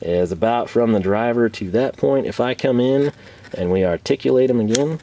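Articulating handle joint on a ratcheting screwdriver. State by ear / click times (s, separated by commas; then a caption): not seated / none. Someone talks continuously while pivoting the articulating handle joint of a Wiha Ultra Driver ratcheting screwdriver toward its angled locking position. The handle is being handled but has not dropped into the detent, and nothing has seated or clicked yet.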